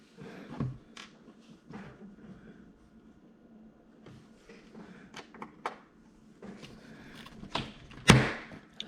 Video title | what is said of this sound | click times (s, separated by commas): Imex Shogun metal upgrades tutorial | boom see they snap right in | 5.7 s, 8.1 s